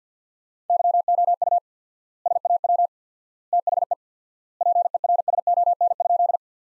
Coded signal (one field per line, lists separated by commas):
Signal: Morse code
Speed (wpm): 50 wpm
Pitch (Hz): 700 Hz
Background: none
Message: YOU SAW THE PERSON?